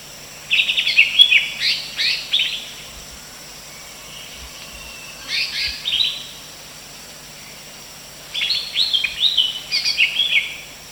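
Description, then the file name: Greater green leafbird producing three separate bouts of quick, warbling high-pitched chatter, spaced several seconds apart, against faint steady background noise. Female. "suara cucak hijau betina. omkicau"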